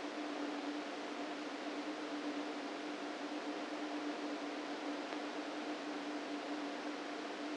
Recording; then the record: brain microelectrode recording played as sound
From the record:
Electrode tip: outside the subthalamic nucleus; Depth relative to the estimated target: 4 mm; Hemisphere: right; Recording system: NeuroSet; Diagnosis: Parkinson's disease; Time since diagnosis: 13 years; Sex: male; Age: 49 years